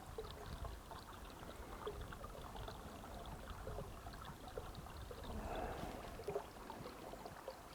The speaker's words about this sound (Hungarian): Ez a forrás. Ezért paszkodtam annyit. Még csak be se lehet menni.